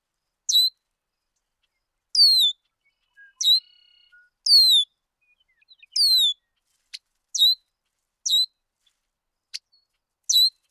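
Bird calls: short, high descending whistled notes with harmonics, given every second or two, with a few brief sharp clicks between.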